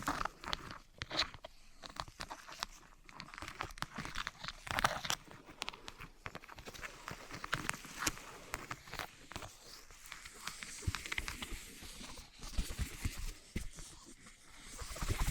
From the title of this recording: Wood vs Cork, Sponge vs Foam, Glass vs Plastic